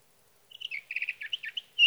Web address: birdsongforthecurious Sage Thrasher